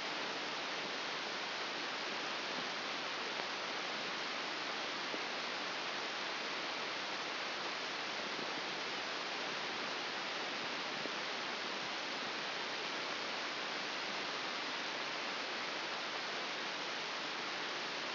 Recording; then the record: brain microelectrode recording played as sound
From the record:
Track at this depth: inside the subthalamic nucleus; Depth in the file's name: 1.1 mm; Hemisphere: left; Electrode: 2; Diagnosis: Parkinson's disease